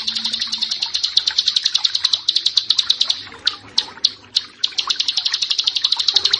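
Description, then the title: Bar-winged prinia song with rapid high chirps in a quick trill, briefly breaking into a few spaced notes before the fast series resumes. "Ciblek Sawah"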